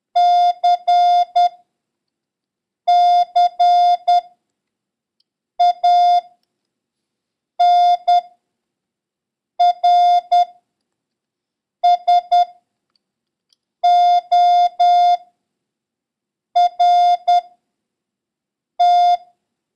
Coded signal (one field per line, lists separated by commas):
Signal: Morse code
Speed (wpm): 10 wpm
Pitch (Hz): 710 Hz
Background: none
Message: CCANRSORT